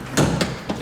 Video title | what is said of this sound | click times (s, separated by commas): The Noble M600 is a Raw British Supercar! | the click into place | 0.2 s, 0.4 s